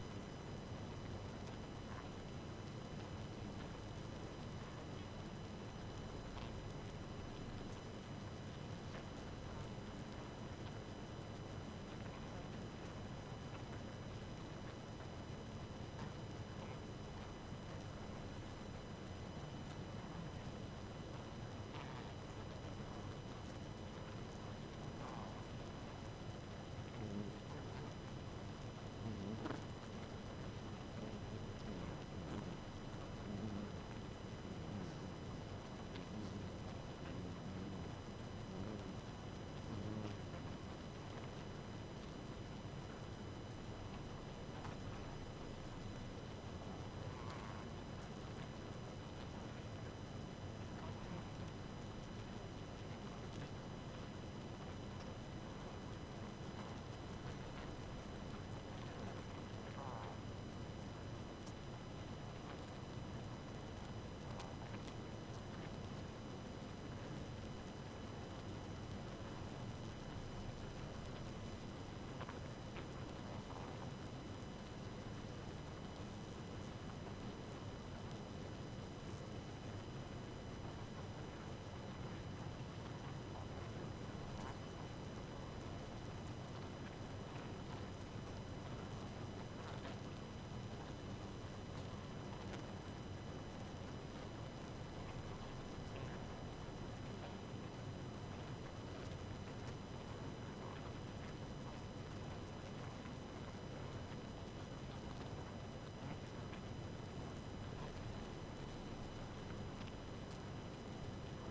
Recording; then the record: honeybee colony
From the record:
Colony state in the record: active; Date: 12 June 2018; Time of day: 2:10